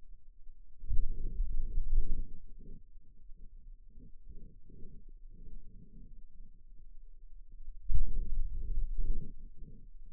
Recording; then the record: forearm muscle sounds (acoustic myography)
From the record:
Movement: finger pinch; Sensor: system 2, bracelet of six BSWA MPA416 microphones around the upper forearm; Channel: 4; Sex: male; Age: 22 years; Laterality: right